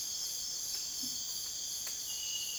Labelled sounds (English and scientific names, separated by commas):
none